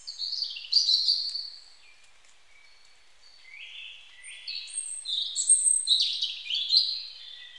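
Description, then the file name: European robin song: a brief sparkling phrase, a pause, then a longer jumbled phrase of high trills and descending slurs. "Erithacus rubecula"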